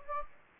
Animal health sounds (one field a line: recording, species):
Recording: mosquito wingbeat signal from an infrared sensor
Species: Anopheles gambiae